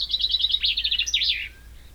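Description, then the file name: Common chaffinch delivering a quick, descending trill that closes with a sharp flourish, all within about one and a half seconds. "Fringilla coelebs"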